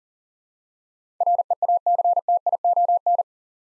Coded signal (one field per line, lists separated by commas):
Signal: Morse code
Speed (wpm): 40 wpm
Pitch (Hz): 700 Hz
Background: none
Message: REACTION